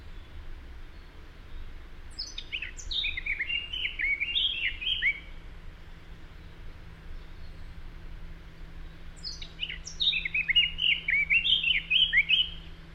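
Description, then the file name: Eurasian blackcap singing two separate phrases about seven seconds apart. Each opens with sharp high notes and flows into rich, fluty warbling, with quiet background noise between. "Sylvia atricapilla"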